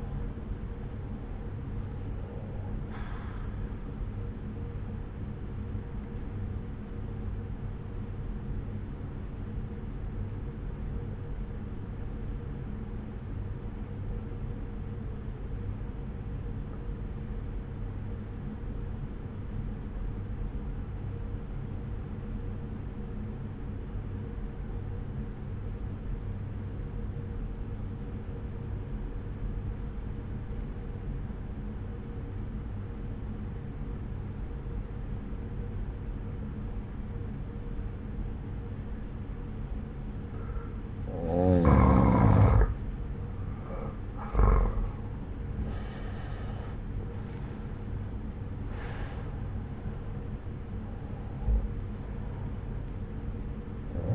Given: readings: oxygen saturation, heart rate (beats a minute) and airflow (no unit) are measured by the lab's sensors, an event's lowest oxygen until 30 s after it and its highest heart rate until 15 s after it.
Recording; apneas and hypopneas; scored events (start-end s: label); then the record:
breathing in sleep by a smartphone at the bedside; 1
7.00-42.20 s: obstructive apnea (N1, oxygen 95% highest, then 86% lowest)
20.00-50.00 s: new sleep stage, N2 (light sleep)
50.00-54.15 s: new sleep stage, N1 (lightest sleep)
From the record:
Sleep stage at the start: N1 (lightest sleep); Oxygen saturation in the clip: 87 to 95%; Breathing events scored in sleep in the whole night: 303 in 8.1 hours asleep